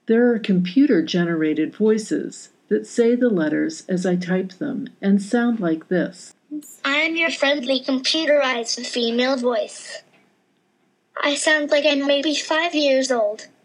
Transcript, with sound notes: There are computer generated voices that say the letters as I type them and sound like this – (Computerized young girl’s voice) “I am your friendly computerized female voice. I sound like I’m maybe five years old.”